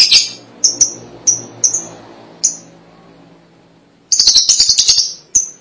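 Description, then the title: Lovebird giving spaced, sharp high chirps, a quiet gap, then a burst of rapid rasping chatter and a final chirp. "BM Suara Burung Lovebird"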